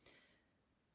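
A plastic safety eye back is pressed down, dome side up, onto the stem of a safety eye through the crocheted yarn of a chocolate-orange cover; it first pushes on, then clicks down two notches, stopping there because going further would make it too tight and cut into the yarn. A sharp click is heard at 0.0 s, followed by a brief bright rattle and a quiet fade. The safety eye back is seated in place.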